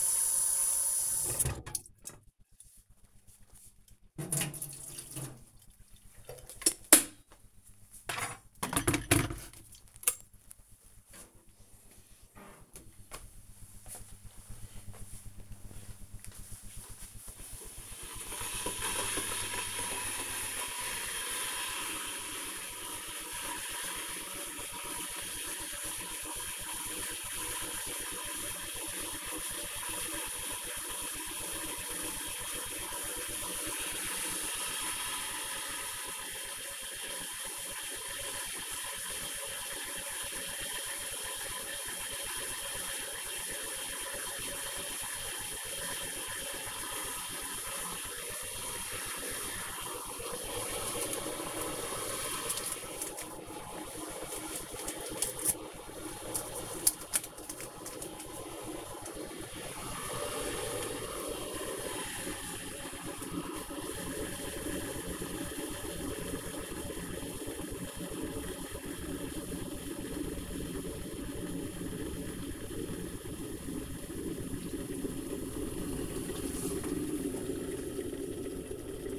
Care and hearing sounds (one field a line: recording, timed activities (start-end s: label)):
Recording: household activities, microphone on the right wrist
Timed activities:
0.00-79.18 s: making tea